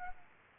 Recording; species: mosquito wingbeat signal from an infrared sensor; Aedes aegypti